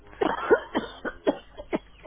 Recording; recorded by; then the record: voluntary cough; telephone call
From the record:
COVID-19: positive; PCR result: checked with the laboratory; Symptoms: yes